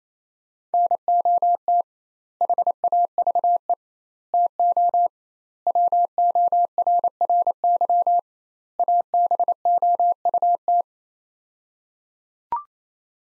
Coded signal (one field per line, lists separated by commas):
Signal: Morse code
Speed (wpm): 28 wpm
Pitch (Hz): 700 Hz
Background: none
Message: NOT HAVE TO WORRY ABOUT